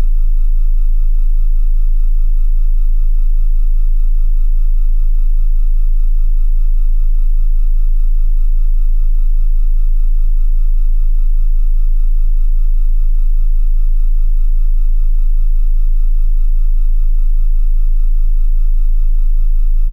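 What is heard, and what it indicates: A steady, continuous low-pitched synthesized tone simulating tinnitus.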